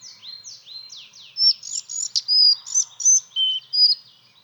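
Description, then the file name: Collared flycatcher song: a few falling thin notes lead into loud, high, varied squeaky whistles, each held briefly. "halsbandsflugsnappare"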